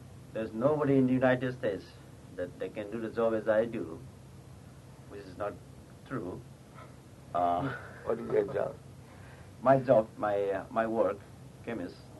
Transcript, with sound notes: there's nobody in the United States that can do the job as I do, which is not true. [laughs]
What is that job?
My job, my work, chemist,